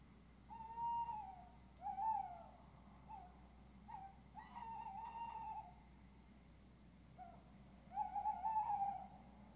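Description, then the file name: Owl hoots, a run of short and longer wavering mid-pitched notes at uneven intervals, some rising and falling slightly, over a low steady hum. Owls (chouettes) recorded at Ker Anna. "chouettes Ker Anna"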